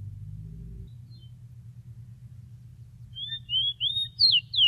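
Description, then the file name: Bird song starting after a low hum: a short run of clear whistles ending in sharp downslurred notes. "suara burung rowti omkicau"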